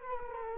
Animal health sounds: mosquito wingbeat signal from an infrared sensor; Culex quinquefasciatus

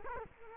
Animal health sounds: mosquito wingbeat signal from an infrared sensor; Culex quinquefasciatus

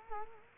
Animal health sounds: mosquito wingbeat signal from an infrared sensor; Culex quinquefasciatus

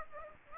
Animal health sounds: mosquito wingbeat signal from an infrared sensor; Aedes aegypti

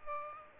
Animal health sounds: mosquito wingbeat signal from an infrared sensor; Aedes aegypti

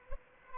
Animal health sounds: mosquito wingbeat signal from an infrared sensor; Aedes albopictus

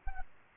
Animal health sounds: mosquito wingbeat signal from an infrared sensor; Culex pipiens

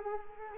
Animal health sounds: mosquito wingbeat signal from an infrared sensor; Culex quinquefasciatus

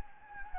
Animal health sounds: mosquito wingbeat signal from an infrared sensor; Anopheles gambiae

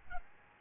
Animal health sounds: mosquito wingbeat signal from an infrared sensor; Aedes albopictus

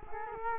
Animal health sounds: mosquito wingbeat signal from an infrared sensor; Culex quinquefasciatus

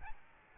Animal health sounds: mosquito wingbeat signal from an infrared sensor; Aedes albopictus

